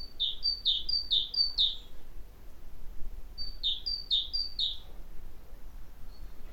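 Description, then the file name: Great tit singing two bursts of see-saw double notes, each burst of several quick high-low pairs, separated by a short pause. "Parus major"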